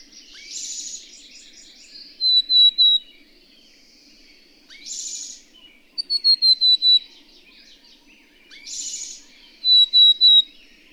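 Bird song repeating a rasping buzzy burst followed by three to five high whistled notes, about every four seconds.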